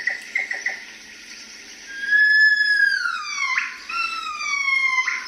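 Gibbon song: a few short notes, then long clear wailing tones that glide downward in two swoops, each restarting higher.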